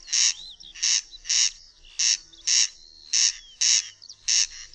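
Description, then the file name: Corn crake call: harsh, dry rasping notes repeated steadily, with faint thin whistles in the background. "derkacz"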